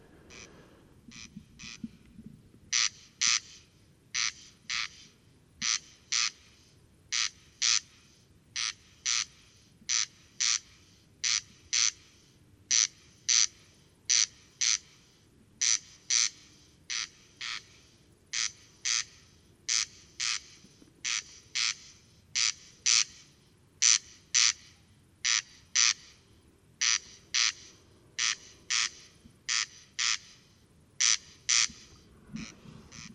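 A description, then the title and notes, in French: A corncrake calls over and over, a dry rasping double note repeated steadily about once a second for nearly the whole stretch. The harsh, bright rasps sound close and loud, with a faint low rumble underneath. Le Râle des genêts. Col Bayard - Hautes Alpes - Nagra seven - Telinga pro7. Le soir même je suis près de la tourbière où il a élu domicile. Il me faudra attendre 23h00 pour que l'oiseau décide à chanter en continu et cela ensuite jusqu'au lever du jour.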